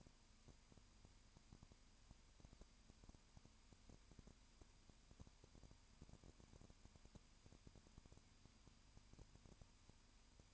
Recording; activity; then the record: daily activity, microphone in the room; no activity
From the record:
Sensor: 2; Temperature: 20.8 degrees Celsius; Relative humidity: 38.3%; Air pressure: 1010.4 hPa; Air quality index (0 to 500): 200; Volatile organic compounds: 19 ppm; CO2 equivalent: 2646 ppm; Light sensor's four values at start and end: 2/3/2/2 and 2/3/2/2